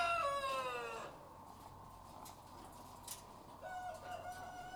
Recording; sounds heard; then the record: poultry house recording; sick chickens (respiratory disease)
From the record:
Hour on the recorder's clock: 13